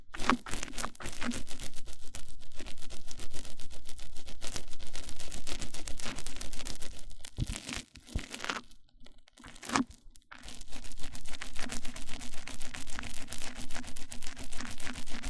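Mic-on-mic triggers: a dense, rapid stream of crisp scratches and clicks with a faint low hum underneath. Around eight seconds the rubbing drops away, leaving a near-silent stretch with a few isolated pops, before the busy clicking resumes until the end.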